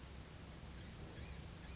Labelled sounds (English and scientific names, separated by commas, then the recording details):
Blue-gray Gnatcatcher (Polioptila caerulea)
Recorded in Sonoma County, California